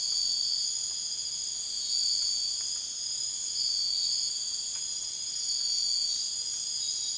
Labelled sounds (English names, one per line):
none